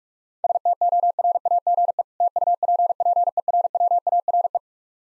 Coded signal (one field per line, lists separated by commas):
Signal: Morse code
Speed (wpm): 45 wpm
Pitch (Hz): 700 Hz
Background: none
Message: STORAGE TUPPERWARE